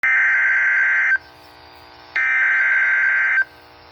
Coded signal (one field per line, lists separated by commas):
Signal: Emergency Alert System (SAME) tones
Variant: header bursts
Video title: EAS #203 Severe Thunderstorm Warning on WXJ73